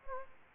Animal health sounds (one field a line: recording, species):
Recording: mosquito wingbeat signal from an infrared sensor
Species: Aedes aegypti